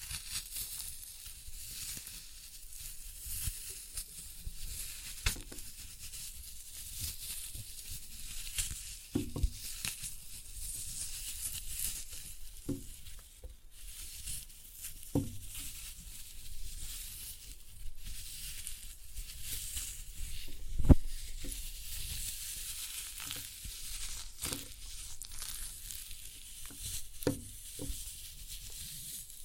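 Floral foam being crushed gives a steady high crackling hiss, broken by sharp crunchy snaps every few seconds, loudest near twenty-one seconds.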